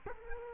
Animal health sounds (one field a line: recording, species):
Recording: mosquito wingbeat signal from an infrared sensor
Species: Culex quinquefasciatus